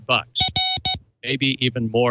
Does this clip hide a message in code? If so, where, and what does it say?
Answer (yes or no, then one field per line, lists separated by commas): no